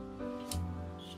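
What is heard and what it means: A plastic model kit part for an MG Zeta Plus C1 is pushed into position on the torso or hip assembly over steady background music. A sharp pop is heard at 0.5 s as the part seats into place.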